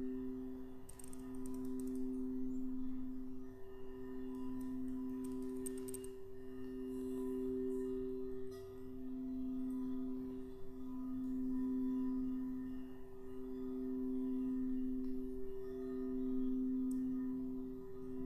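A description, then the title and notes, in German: Crystal singing bowls sustain a steady low tone that swells and pulses in slow waves, with faint higher ringing and brief taps above. Lausche den zauberhaften Klängen der Kristallklangschalen. Zauberhafte Kristallklangschalen.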